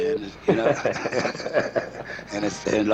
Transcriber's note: laughing